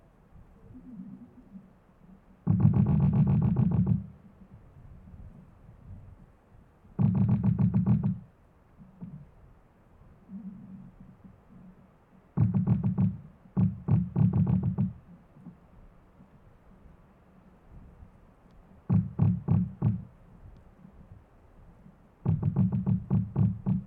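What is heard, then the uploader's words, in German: A squeaking tree creaks in bursts of about a second each, every three to five seconds: rough, rapidly ticking groans with a heavy low body and a rasping upper edge. Between the creaks, a soft low rumble and faint quieter groans continue. Ein Ohr an einem quietschenden Baum.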